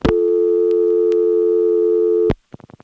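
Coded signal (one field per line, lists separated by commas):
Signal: telephone call progress tone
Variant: North America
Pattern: dial tone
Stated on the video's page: Telephone call progress tones from a senderized step-by-step switching office in Lexington, South Carolina.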